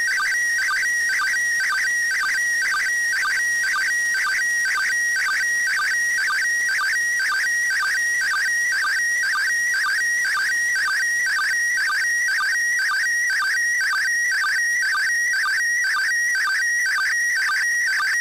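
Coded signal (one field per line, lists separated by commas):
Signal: SSTV (slow-scan television)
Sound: warbling, buzzy tone shifting in pitch, with a short low blip about twice a second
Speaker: this is a recording of an entire image download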